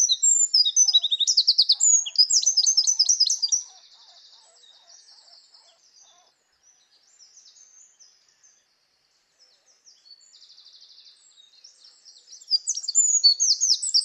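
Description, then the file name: Eurasian wren song: an emphatic high trilling phrase, then faint twittering and a pause, before a second loud burst begins near the end. "Troglodytes troglodytes"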